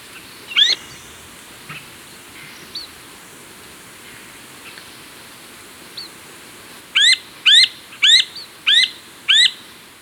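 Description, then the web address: Crimson-mantled woodpecker giving one sharp call and a few scattered faint notes, then a steady run of five sharp, upslurred calls about half a second apart. Recorded in Ecuador. "S America Birds of Ecuador. Crimson-Mantled Woodpecker"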